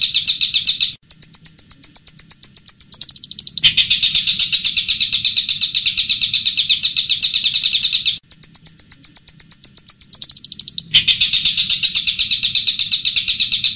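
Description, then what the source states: Long-tailed shrike song: three bursts of harsh, rapid chattering notes alternating with a high, thin whistled trill that accelerates into the next burst of chatter. Combined track used for training pet birds.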